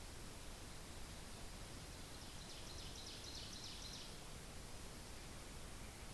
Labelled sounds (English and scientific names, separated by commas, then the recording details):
Ovenbird (Seiurus aurocapilla) song
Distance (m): 45 m
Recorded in boreal forest in Alberta, Canada, on 10 June 2016 at 07:50
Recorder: SongMeter 3, array SBT-3-39
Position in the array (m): 325 m, 145 m
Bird 19